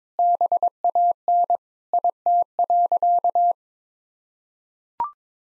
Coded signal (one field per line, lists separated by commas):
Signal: Morse code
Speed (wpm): 22 wpm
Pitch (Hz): 700 Hz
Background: none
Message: BAN IT.